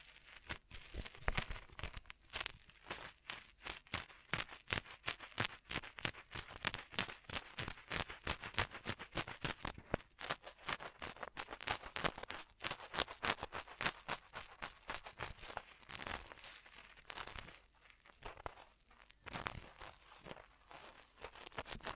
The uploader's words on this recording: ASMR Most Tingly Ear Massage Triggers for Sleep (No Talking).